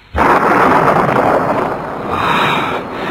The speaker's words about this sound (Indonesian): Hujan rintik-rintik turun.